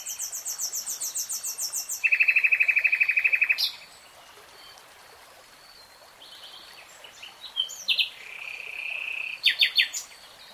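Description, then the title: Nightingale song: a rapid repeated rattle, then a fast dry trill, a pause, and another trill. Nightingale singing in real time. "[Tiếng chim hót] 3 Hours REALTIME Nightingale Singing"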